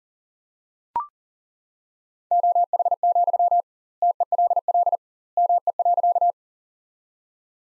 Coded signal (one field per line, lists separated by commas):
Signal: Morse code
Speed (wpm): 40 wpm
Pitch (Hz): 700 Hz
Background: none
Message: OH, TELL ME.